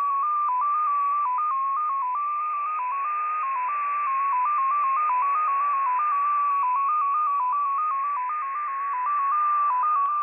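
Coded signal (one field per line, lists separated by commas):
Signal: multi-tone FSK (Olivia or MFSK type)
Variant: XPA2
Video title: XPA2 Data Mode 21/06/2023 0930 UTC 15812kHz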